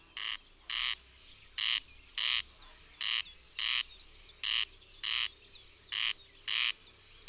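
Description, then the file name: Corn crake producing a rhythmic series of rough, buzzy double rasps, each pair quickly followed by the next in a steady, mechanical pattern. "Derkacz"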